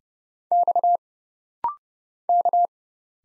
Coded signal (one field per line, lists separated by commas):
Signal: Morse code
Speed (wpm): 31 wpm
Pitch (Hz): 700 Hz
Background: none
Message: X K